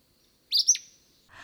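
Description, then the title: Acadian flycatcher song, a single sharp, explosive two-part note, high and abrupt. Recorded at Rib Mountain on 12 July 2021. "2021-07-12 Acadian Flycatcher Rib Mt"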